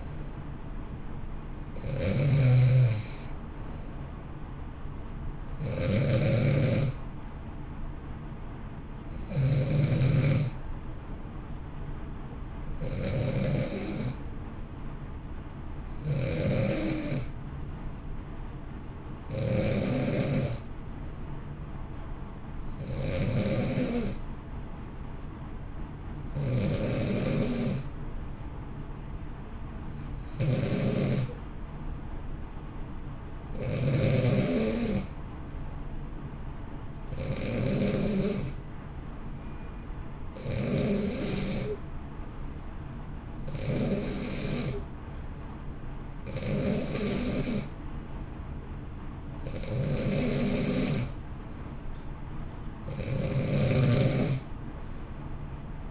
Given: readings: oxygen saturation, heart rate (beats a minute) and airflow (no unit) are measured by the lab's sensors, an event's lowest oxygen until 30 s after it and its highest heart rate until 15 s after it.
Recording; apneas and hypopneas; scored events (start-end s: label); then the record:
breathing in sleep by a smartphone at the bedside; 1
22.00-38.00 s: hypopnea (N2, oxygen 92% highest, then 89% lowest, heart rate 56 at the start, 63 highest)
From the record:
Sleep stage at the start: N2 (light sleep); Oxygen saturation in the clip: 89 to 92%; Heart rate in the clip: 56 to 63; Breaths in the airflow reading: 17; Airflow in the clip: -1.1 to 1.6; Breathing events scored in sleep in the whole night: 328 in 6.3 hours asleep